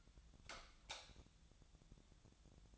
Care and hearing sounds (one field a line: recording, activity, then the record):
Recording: daily activity, microphone in the room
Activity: light off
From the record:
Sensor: 3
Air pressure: 1000.0 hPa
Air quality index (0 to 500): 123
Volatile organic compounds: 2 ppm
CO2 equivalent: 1098 ppm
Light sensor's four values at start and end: 49/126/54/59 and 47/118/51/56